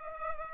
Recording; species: mosquito wingbeat signal from an infrared sensor; Culex pipiens